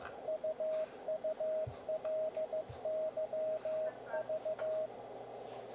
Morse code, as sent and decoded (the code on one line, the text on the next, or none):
..- ..- .-.. -.-- ...-
UULYV